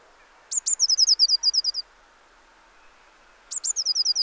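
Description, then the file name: Eurasian blue tit calling: two sharp high notes then a rapid string of descending notes, heard twice with a quiet pause between, the second cut off. "Cyanistes caeruleus"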